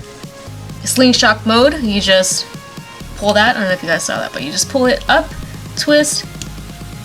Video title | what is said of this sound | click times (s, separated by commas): BRUTAL LUINOR L4 UNBOXING & REVIEW!! Beyblade Burst Turbo SlingShock Hasbro | click right there and it is locked and I don't | 6.4 s